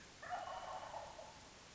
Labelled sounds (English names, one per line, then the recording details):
Wild Turkey
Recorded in Sonoma County, California